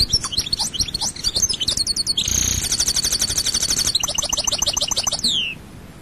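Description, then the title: European goldfinch song, a continuous liquid twitter of rapid notes mixed with a buzzy trill and a final downward-sliding note. "Chant Chardonneret"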